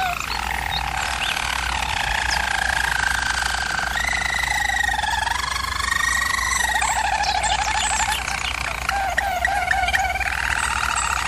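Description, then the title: German Roller canary song, softer bubbling and gurgling rolls with gliding notes that change pitch repeatedly, over a steady low hum. German Roller canary singing, for canary training. "German Roller Canary Singing - Canary Training Vid"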